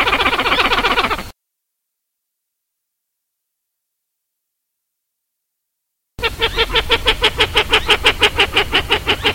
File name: Podilymbus podiceps - Macá pico grueso